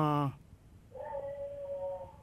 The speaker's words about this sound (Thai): เสียงหมาเห่าหมาหอนแล้วฮะ